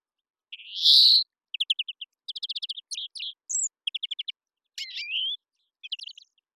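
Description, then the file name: European greenfinch opening with a loud buzzy wheeze, followed by rattling trills, chirps and a rising nasal note in a rapid twittering sequence. "Chloris chloris"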